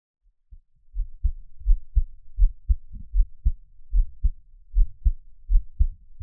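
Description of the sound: A normal adult heartbeat, the person's own, heard close-up as Taiwanese ASMR. Soft, deep paired thumps repeat steadily at about 80 beats per minute in a quiet room, with no talking. The two heart sounds come through clearly in a regular rhythm.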